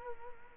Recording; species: mosquito wingbeat signal from an infrared sensor; Culex quinquefasciatus